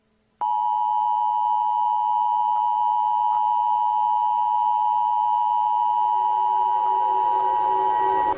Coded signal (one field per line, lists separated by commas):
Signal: Emergency Alert System (SAME) tones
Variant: 853 and 960 Hz attention tone